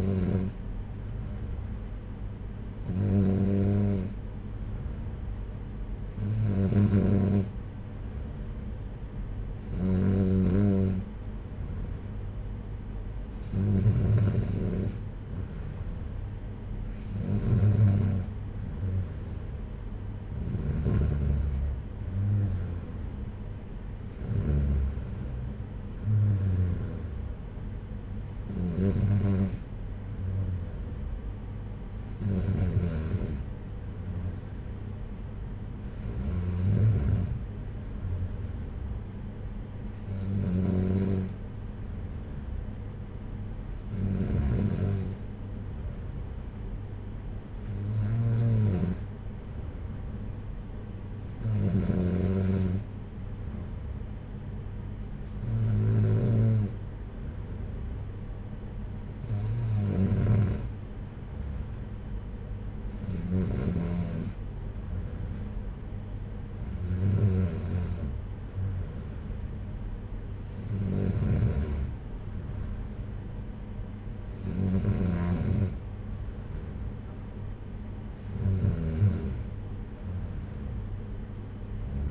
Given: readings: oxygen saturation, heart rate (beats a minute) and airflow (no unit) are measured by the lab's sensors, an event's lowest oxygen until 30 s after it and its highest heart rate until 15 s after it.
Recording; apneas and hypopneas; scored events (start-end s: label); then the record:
breathing in sleep by a smartphone at the bedside; none
none scored
From the record:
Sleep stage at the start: N3 (deep sleep); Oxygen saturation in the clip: 93 to 94%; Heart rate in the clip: 56 to 64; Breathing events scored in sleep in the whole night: 226 in 8.8 hours asleep